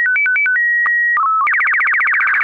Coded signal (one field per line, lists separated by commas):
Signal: SSTV (slow-scan television)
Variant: Robot BW 8